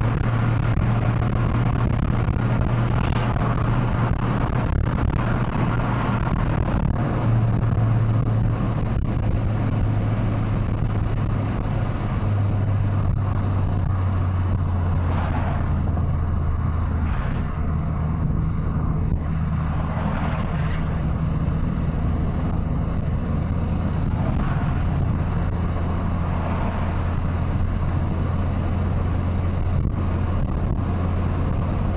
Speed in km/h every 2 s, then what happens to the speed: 134, 136, 135, 126, 123, 119, 110, 96, 89, 86, 88, 93, 96, 99, 100, 101.
0-5 steady at about 135. 5-17 brakes to 86. 17-32 speeds up to 101.